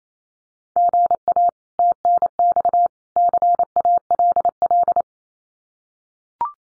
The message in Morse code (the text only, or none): GA TNX CALL